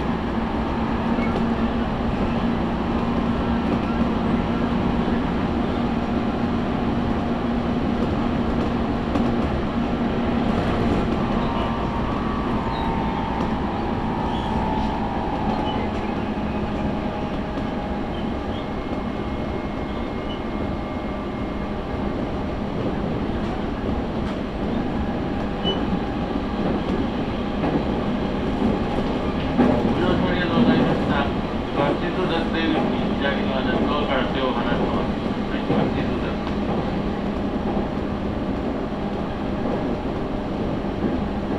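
A train on the Tokaido Line platform, heard while waiting and boarding: a steady, dense low rumble of rail noise runs throughout. Tonal hums and whines rise and shift around 10–17 seconds, and a burst of clattering and hissing comes near 30 seconds.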